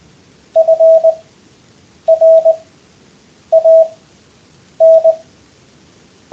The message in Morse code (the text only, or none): FRAN